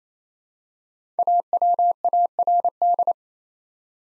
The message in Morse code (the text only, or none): AWARD